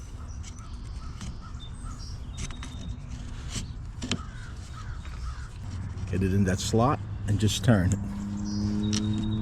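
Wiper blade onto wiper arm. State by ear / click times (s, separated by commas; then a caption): seated / 8.9 s. A refilled wiper blade's connector is put into the slot on the wiper arm and turned until it snaps into place, with the snap heard at 8.9 s and the blade then seated. Someone talks, and crow caws and outdoor background noise are heard.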